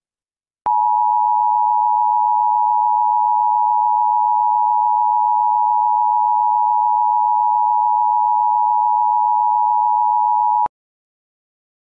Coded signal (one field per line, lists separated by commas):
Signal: Emergency Alert System (SAME) tones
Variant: 853 and 960 Hz attention tone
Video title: EAS Mock 20 - Tsunami Coast (First time making this on my IPad)